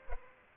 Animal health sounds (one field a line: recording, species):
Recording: mosquito wingbeat signal from an infrared sensor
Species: Aedes aegypti